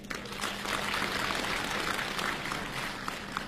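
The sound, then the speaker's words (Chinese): An audience claps steadily throughout, a dense crackle of many hands at a fairly even level with no voices rising above it, applauding crosstalk comedians from Xi'an at a New Year show. “好，亲爱的观众朋友们，大家新年好，谢谢您热情的掌声。”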